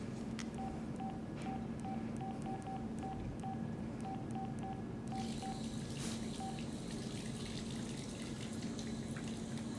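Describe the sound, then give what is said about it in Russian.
A mobile phone keypad beeps over and over in quick, uneven taps as someone scrolls through the phone's contact list, a string of short mid-pitched tones that stops after several seconds, over a steady rushing hiss like running water. “Вера берет его телефон и листает телефонную книгу.”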